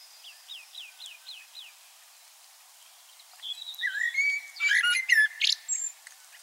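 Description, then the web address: Common blackbird: a faint series of short descending notes, then a louder burst of warbled whistles and high twittering. "SETE data Turdus merula"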